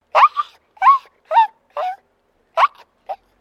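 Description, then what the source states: Maltese dog whining: six short, strained whines in a broken sequence over about three seconds. Maltese terrier, small dog in a distressed state, giving a distressed whine.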